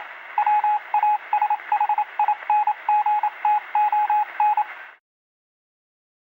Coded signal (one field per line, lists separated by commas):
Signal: Morse code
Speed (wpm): 27 wpm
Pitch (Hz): 840 Hz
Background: radio noise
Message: WASHINGTON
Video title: Receive morse code-Sound-Effect-